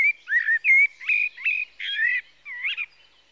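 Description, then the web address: Common blackbird pouring out a continuous string of rich, whistled notes, some swooping, some wavering, with little pause between them. "BBC Sound Effects Library - 47 (Birds) 01 Blackbird (Turdus Merula)"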